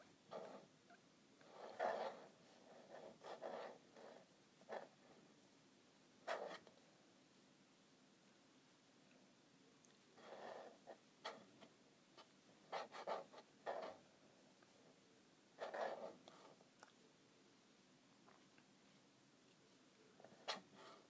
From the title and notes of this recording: ASMR Scratching my Calculator.